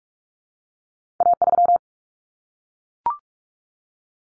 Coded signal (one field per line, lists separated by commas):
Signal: Morse code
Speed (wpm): 44 wpm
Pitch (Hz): 700 Hz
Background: none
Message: A3